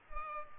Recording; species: mosquito wingbeat signal from an infrared sensor; Culex pipiens